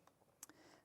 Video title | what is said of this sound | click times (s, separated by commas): 25/12/2024 - Christmas Day: Sanntangle & Sizzix | and push it across make sure it's right the way across you'll hear it kind of cck click | 0.4 s